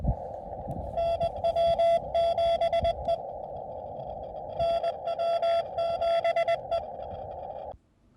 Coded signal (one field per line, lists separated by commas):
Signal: Morse code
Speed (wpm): 21 wpm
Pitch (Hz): 670 Hz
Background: none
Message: NW7E NW7E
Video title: KD2YDN activates W2/EH-003. SOTA/POTA QRP. 1 pt, a lot of DX.